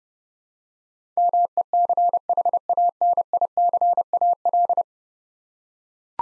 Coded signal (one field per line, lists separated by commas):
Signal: Morse code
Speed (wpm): 30 wpm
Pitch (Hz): 700 Hz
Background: none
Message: MECHANICAL